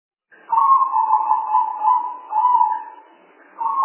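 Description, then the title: Spotted dove giving a sustained, gently pulsing coo lasting about two and a half seconds, then the start of another phrase. Spotted dove sounds used as a lure call for attracting the birds. "Pikat Burung Tekukur Paling Ampuh"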